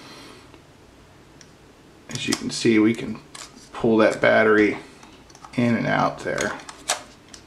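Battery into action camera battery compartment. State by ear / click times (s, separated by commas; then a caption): seated / 6.9 s. A battery is pulled out of and pushed back into a GoPro HERO8 Black's battery compartment while the camera sits inside a SmallRig aluminum vlogging cage, as someone talks. A few light taps come between phrases, and a sharp click at 6.9 s marks the battery seating firmly in place.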